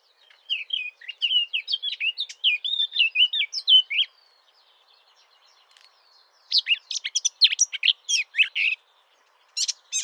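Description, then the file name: Eurasian blackcap warbling song: a rapid run of scratchy, varied notes for about three and a half seconds, a pause, then a burst of sharper, higher notes, starting again at the end. "Sylvia atricapilla"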